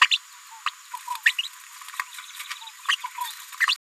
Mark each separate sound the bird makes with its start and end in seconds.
0.11-0.17, 0.66-0.70, 1.26-1.31, 1.43-1.48, 2.88-2.96, 3.67-3.75